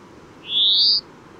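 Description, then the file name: European greenfinch call: a single drawn-out, rising, slightly buzzy note lasting about half a second, over a quiet background. "Chloris chloris"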